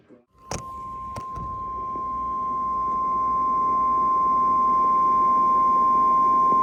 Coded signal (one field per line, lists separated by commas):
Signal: Emergency Alert System (SAME) tones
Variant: 1050 Hz attention tone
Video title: VAPORWHALE’S MISCHIEF: EAS Alerts from 7/12/26 - 7/13/26 (EAS #23 - #51)